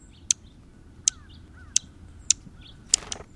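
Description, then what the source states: Dark-eyed Junco giving sharp, high ticking call notes, six short clicks spaced unevenly throughout, with faint soft slurred notes beneath a quiet background. Among the most common feeder birds in the northern United States, from the east coast to the west.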